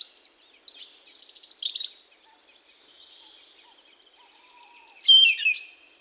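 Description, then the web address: European robin song: rapid high trilled and whistled notes, a long quiet stretch with faint warbling, then a sudden bright phrase of sliding notes. "SETE data Erithacus rubecula"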